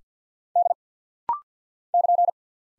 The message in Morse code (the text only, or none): D <KN>